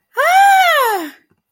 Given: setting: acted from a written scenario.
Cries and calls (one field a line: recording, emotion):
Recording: vocal sound without words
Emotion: positive surprise